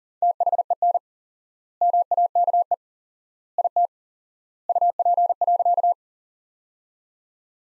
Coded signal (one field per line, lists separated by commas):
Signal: Morse code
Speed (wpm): 40 wpm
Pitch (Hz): 700 Hz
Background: none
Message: THEN MAKE IT UP.